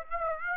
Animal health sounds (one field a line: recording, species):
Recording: mosquito wingbeat signal from an infrared sensor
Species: Aedes aegypti